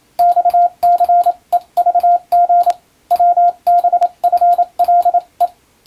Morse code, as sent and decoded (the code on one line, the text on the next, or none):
-..- -.-. . ...- --. / .-- -... ..-. .-.. .
XCEVG WBFLE